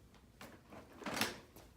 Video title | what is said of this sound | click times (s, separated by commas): Britax B Ready G3 Stroller Review + Demo! | it lines up just like this locks into place | 1.1 s, 1.2 s